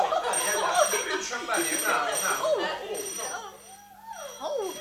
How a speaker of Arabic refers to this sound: التليفون.